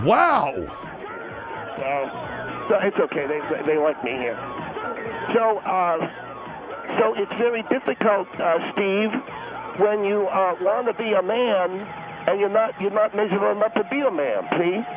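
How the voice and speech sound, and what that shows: Acted, comedic adult male voice with nasal, distorted consonants and repeated syllables, imitating a speech impediment after losing part of the tongue; the impediment worsens in a noisy nightclub, where he cannot hear himself speak.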